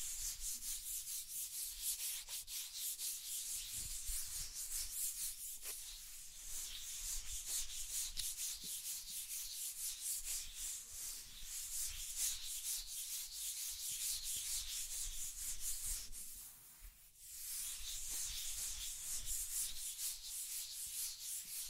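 Continuous dry scratching and rubbing, a dense hissy rasp with quick strokes throughout, briefly easing around seventeen seconds before resuming.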